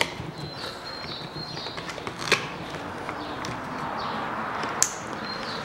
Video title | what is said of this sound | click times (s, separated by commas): Замена топливного фильтра в бензобаке на Ниссан Икстрейл 2001 года Nissan X Trail | До характерного щелчка. | 4.8 s